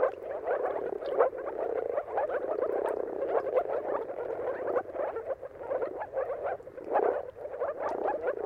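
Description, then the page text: Moor frogs in a dense chorus of soft, bubbling, low croaks, many overlapping calls running continuously with slight swells in loudness. Mating calls of a moor frog chorus at sunrise, at the turn of March and April depending on the weather; recorded by Jakub Orzecki. "Dawn’s Chorus: Mating Calls of Marsh Frogs at Sunrise. Depending on the weather at the turn of March and April, you can witness an amazing spectacle of moor frogs. Jakub Orzecki. earth.fm"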